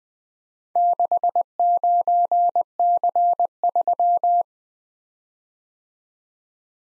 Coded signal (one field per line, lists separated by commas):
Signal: Morse code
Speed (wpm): 20 wpm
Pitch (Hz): 700 Hz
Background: none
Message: 69C3